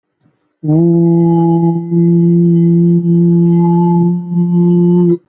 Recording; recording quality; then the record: sustained vowel as in boot; excellent, no background noise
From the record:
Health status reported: healthy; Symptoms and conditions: none ticked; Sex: male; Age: 28 years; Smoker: not ticked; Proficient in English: yes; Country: India